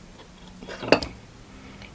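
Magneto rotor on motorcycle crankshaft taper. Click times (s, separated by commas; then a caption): 0.9 s. A steel magneto rotor on the crankshaft taper of a Suzuki TC 185 electric-start dirt bike is worked with a puller after earlier hammering made it jump. Low background noise and faint creaks build until a sharp pop at 0.9 s, followed by a smaller tick. The stuck rotor breaks free of the taper and is released.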